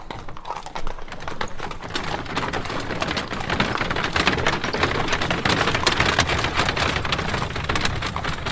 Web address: Hollywood Edge Historical Series Horses Carriages and Traps Horse Drawn Carriage Start